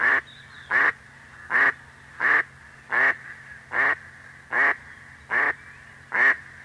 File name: Anas platyrhynchos